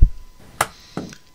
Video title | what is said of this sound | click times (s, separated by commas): How To Build A PGR Flag Pole In Just 10 Minutes! | take your players give it a pull until you hear a snap | 0.6 s